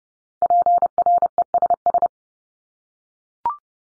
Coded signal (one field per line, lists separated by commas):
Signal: Morse code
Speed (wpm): 30 wpm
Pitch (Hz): 700 Hz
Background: none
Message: PRESS